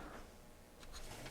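An AA battery holder, with its pull strap tucked inside, is handled and pushed toward the battery compartment of a Zoom H6 portable audio recorder. Low, steady rustling and scraping are heard, with brief brighter scrapes around 0.8 s and 1.0 s. Nothing has seated or clicked yet.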